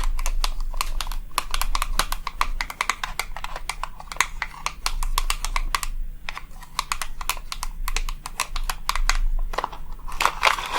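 Rapid, fairly regular tapping fills the recording, with crisp clicking strikes a few times per second, much like fingers on a keyboard. The taps run in dense bursts with brief pauses near six and ten seconds. A steady low hum sits underneath throughout.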